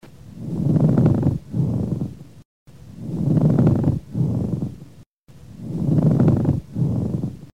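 Pleural friction rub heard over an adult chest through a stethoscope: a coarse, grating low-pitched sound with each breath, in and out, repeating about 24 times a minute.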